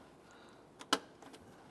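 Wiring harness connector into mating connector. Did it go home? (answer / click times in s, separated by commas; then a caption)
yes / 0.9 s. On a 2008–2012 Honda Accord during radiator replacement, the front wiring harness is slid up and locked into its mating plastic electrical connector. A faint tick at 0.8 s comes just before one sharp, loud click at 0.9 s, followed by a few soft taps around 1.2–1.4 s. The connector snaps into place and is seated.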